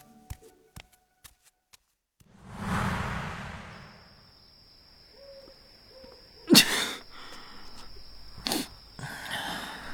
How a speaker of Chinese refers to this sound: 宫外差点就连中3元的钟才子在寒风中立着打了个喷嚏。